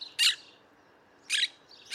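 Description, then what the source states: Monk Parakeet calls: three short, harsh calls with quiet between them, the last cut off at the end. Also called Argentine parrot; native to South America; lime green with blue-tipped wings; mimics human speech; escaped or released pets forming self-sustaining urban colonies in Mexico and other countries.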